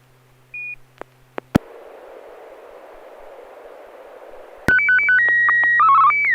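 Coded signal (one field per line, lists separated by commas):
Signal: SSTV (slow-scan television)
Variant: PD120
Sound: hum and hiss, then quick rising warble tones, a steady tone, chirpy bits, and a falling sweep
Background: radio static, hum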